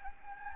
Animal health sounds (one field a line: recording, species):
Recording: mosquito wingbeat signal from an infrared sensor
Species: Anopheles gambiae